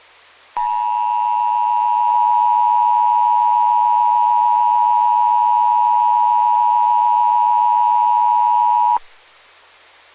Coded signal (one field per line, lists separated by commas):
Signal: Emergency Alert System (SAME) tones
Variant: 853 and 960 Hz attention tone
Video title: EAS Scenario: Animal Mayhem